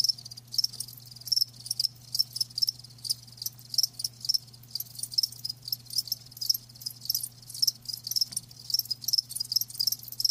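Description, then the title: Chorus of crickets, thin high-pitched chirps in short regular bursts, many callers overlapping throughout, faint low hum underneath. Live crickets chirping, presented as a lulling sound to help fall asleep and stay asleep. "Live Crickets Chirping"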